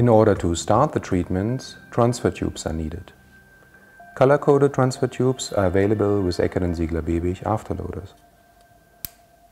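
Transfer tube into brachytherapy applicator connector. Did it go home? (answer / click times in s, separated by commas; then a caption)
yes / 9.1 s. A color-coded transfer tube is pushed onto the connector of a Fletcher CT/MR brachytherapy applicator. Someone talks through most of the clip, then after a quieter stretch a single sharp click is heard at 9.0 s as the tube seats into place.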